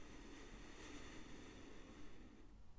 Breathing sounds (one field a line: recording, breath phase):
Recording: one breath near a microphone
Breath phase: inhalation